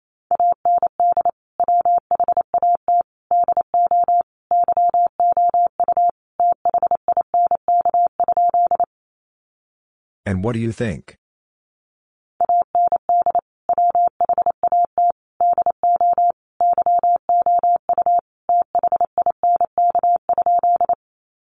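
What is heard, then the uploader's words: Morse code beeps out as a single steady, mid-pitched tone keyed in quick dots and dashes, running for about nine seconds and resuming after a pause. In the gap near the tenth second, a brief voice-like burst breaks in over otherwise silent background. First, the words are sent in Morse code. Then it is spoken.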